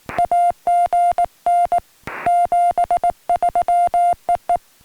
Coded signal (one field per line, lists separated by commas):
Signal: Morse code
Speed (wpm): 18 wpm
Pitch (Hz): 700 Hz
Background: music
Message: AGN 73 EE